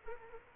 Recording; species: mosquito wingbeat signal from an infrared sensor; Culex quinquefasciatus